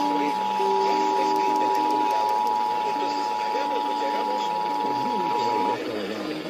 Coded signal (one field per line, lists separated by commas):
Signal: Emergency Alert System (SAME) tones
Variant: 853 and 960 Hz attention tone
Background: speech